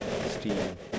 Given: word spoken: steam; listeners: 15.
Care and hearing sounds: one English word in noise, from a listening test; noise modulated by three-talker babble; -3.9 dB; 2 of 15; 10 of 15; 0.59 s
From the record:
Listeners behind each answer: 10, 2, 1, 1, 1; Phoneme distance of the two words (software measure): 10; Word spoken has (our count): 1 syllable, 4 phonemes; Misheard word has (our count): 1 syllable, 4 phonemes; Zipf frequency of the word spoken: 4.39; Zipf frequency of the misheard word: 4.42

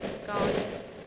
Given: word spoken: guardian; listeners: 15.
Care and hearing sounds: one English word in noise, from a listening test; noise modulated by three-talker babble; -5.9 dB; 1 of 15; 12 of 15; 0.67 s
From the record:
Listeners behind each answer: 12, 1, 1, 1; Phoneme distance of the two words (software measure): 7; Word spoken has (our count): 2 syllables, 5 phonemes, stress on syllable 1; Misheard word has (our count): 2 syllables, 4 phonemes, stress on syllable 1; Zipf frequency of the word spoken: 4.01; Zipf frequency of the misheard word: 5.28

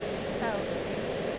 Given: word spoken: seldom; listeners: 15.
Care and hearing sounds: one English word in noise, from a listening test; speech-shaped noise; -6.6 dB; 1 of 15; 10 of 15; 0.99 s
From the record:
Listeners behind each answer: 10, 2, 1, 1, 1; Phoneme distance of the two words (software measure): 24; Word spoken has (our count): 2 syllables, 6 phonemes, stress on syllable 1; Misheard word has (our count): 1 syllable, 4 phonemes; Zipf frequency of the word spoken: 3.32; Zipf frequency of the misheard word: 4.83

